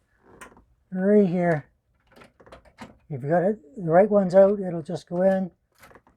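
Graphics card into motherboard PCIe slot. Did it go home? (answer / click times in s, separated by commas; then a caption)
no / none. A graphics card is being handled at a motherboard PCIe slot while someone talks, with faint soft taps and knocks between the words around 0.6, 2.1, 2.4–2.7 and 6.0 seconds. Nothing has seated or clicked into the slot yet.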